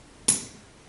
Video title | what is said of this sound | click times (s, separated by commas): Tenba Mini Messenger Bag | it snaps into place so no way that's going to come off | 0.3 s